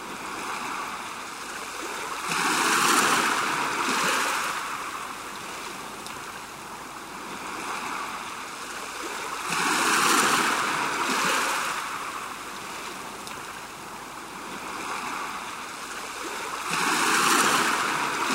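Waves roll in and break close by, each surge building, cresting and hissing away, arriving roughly every seven seconds, near 3, 10 and 17 seconds. Between breakers a steady, softer wash of water fills the background without pause.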